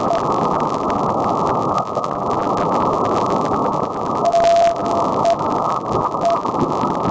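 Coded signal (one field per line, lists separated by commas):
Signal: radio time signal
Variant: RWM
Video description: Here is RWM Russia coming in great to Upstate, NY on the evening of April 18, 2011. 9996Khz runs 5kW and they also run time stations on 4996Khz and 14996Khz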